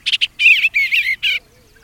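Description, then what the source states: Bobolink song: a quick, bubbly run of jangling, metallic notes sliding up and down in several short bursts over under two seconds. Heard in spring on restored prairie in northeast Illinois; the species winters in Argentina and Paraguay and returns here to breed.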